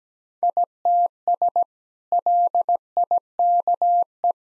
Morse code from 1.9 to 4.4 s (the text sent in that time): LIKE